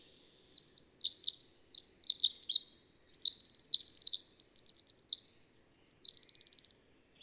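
A bird sings a long, high, fast twittering song of varied chirps, finishing with a dry rattling trill before quiet.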